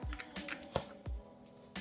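A plastic trim or switch piece is pressed onto an aftermarket steering wheel on a 10th Gen Honda Civic, with a few soft taps and rustles around a sharp snap at 0.8 s. The piece snaps partway in but is not fully seated, leaving a small gap that needs to be pressed harder.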